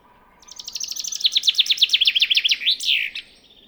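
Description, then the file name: Common chaffinch song: one bright phrase of rapid repeated notes falling in pitch, ending in a quick flourish, lasting about three seconds. "Fringilla coelebs"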